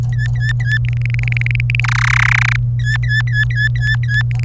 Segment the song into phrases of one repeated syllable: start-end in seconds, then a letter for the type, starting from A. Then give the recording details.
0.12-0.78 A, 0.85-1.80 B, 1.84-2.56 C, 2.79-4.22 A, 4.31-4.44 B. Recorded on 27 April 2018 at 14:44. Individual llb3